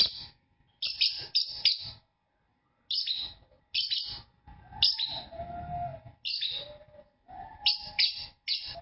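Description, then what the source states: Shrill lovebird chatter: sharp squeaky notes in quick runs with gaps, plus a faint lower whistled tone and soft background rumble midway. Lovebird's chirping song (kicau), a champion bird.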